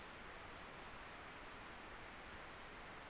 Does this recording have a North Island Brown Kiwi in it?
no